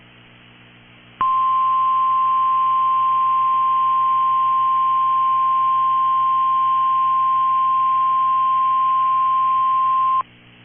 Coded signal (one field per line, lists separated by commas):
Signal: Emergency Alert System (SAME) tones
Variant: 1050 Hz attention tone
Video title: Severe Thunderstorm Warning (Dakota County, MN) (8/15/25) [EAS #280]